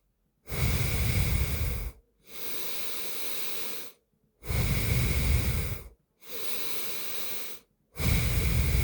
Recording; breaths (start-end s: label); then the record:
nose breathing near a microphone
0.14-2.09 s: exhalation
2.09-4.04 s: inhalation
4.04-5.89 s: exhalation
5.89-7.59 s: inhalation
7.59-8.84 s: exhalation
From the record:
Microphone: phone